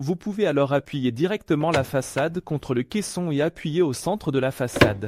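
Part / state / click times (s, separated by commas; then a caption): drawer front panel onto front fixings of drawer / not seated / none. A GRASS Nova Pro Scala drawer front panel is handled for fitting onto the drawer's front fixings; with the drawer closed, it is pressed against the cabinet at its centre. Someone talks throughout over a few faint handling sounds, and the clip ends before the panel goes home, so nothing has seated or clicked yet.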